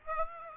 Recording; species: mosquito wingbeat signal from an infrared sensor; Aedes aegypti